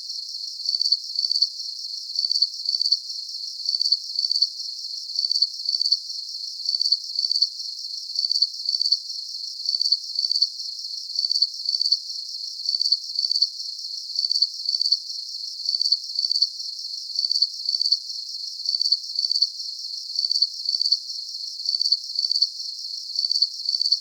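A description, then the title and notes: Night insects chirp in a steady, high-pitched rhythm, with short trilled bursts repeating about once a second for the whole stretch. The calls sound uniform, sitting in a thin, bright band with nothing low underneath and no other sounds in the background. Calming Insects at Night.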